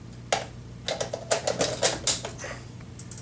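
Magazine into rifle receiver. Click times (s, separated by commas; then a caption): 2.1 s. A magazine is pushed up into the receiver of an FN Type D rifle in .30-06, and a series of sharp metallic clicks and rattles is heard. It locks into place with a final, loudest click at 2.1 seconds, seating perfectly.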